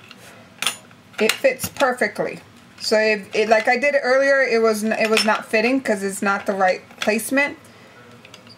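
A Martha Stewart circle edge punch plate is handled and turned around to go into the edge punch base, because it had not fit in the wrong placement. Someone talks throughout, with light handling knocks near 0.6 s and again around 8.3 s. Nothing has seated or clicked yet.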